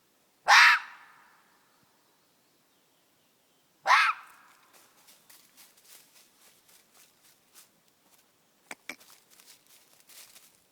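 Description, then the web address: Red fox screams: two short, harsh, explosive cries about three seconds apart, followed by soft clicking and rustling sounds. Fox screaming across the whole forest. "lis krzyczy na caly las"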